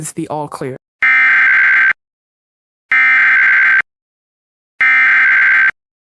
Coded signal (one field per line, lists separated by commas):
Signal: Emergency Alert System (SAME) tones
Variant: header bursts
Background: speech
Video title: rare eas alerts